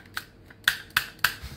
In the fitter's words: the weapon won't accept won't accept the magazine.